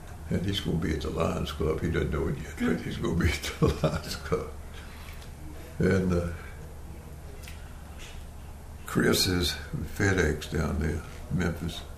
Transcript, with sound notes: and he is going to be at the Lions Club, he don’t know it yet, but he is going to be [Chuckling] at the Lions Club, and…Chris is with FedEx down in, in Memphis.